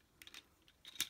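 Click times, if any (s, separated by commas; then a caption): none. A plastic replacement leg section is being handled and fitted into the body of a transforming train robot toy. Light plastic taps and clicks sound at about 0.2, 0.3, 0.4, 0.9 and 1.0 s, the last one the loudest. The part has not yet seated or clicked into place.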